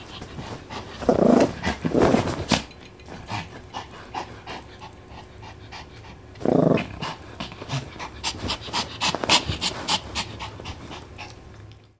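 A dog pants and snuffles with bursts of scraping and rustling around 1–2.5 and 6.5 seconds, plus scattered clicks and soft thumps throughout.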